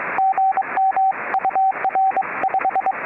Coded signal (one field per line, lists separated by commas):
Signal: Morse code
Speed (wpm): 22 wpm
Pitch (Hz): 770 Hz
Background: radio noise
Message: GM UR 5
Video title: Summits on the Air “Activation Zones” – Spitz Hill W7A/CS-032 SOTA activation